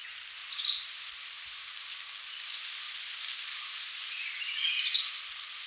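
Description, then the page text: Green warbler giving two sharp, high chirped calls about four seconds apart, with soft background hiss between them. "Green Warbler Call. Quick Sounds"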